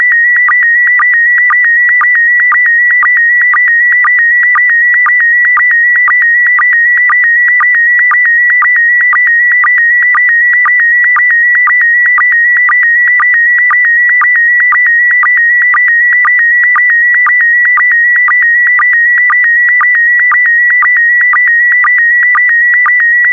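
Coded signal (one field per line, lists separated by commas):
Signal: SSTV (slow-scan television)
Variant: PD120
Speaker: transmission complete you can now check your decoded image against the picture that is shown on the video that concludes the daily transmission of slow scan tv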